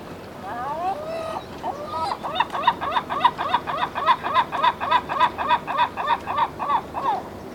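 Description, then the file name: Gull long call: a few drawn-out opening wails, then a rapid, steady run of about sixteen nasal, laughing yelps, roughly three per second, ending abruptly. "Seagull Solo"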